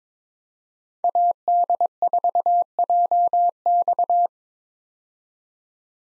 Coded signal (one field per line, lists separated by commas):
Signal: Morse code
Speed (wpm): 22 wpm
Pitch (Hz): 700 Hz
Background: none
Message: AD4JX